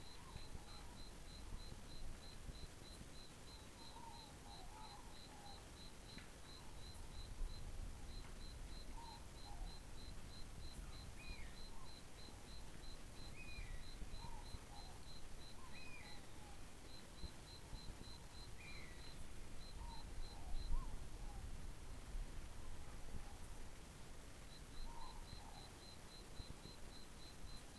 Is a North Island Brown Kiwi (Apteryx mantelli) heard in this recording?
no